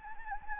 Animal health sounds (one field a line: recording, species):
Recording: mosquito wingbeat signal from an infrared sensor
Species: Anopheles gambiae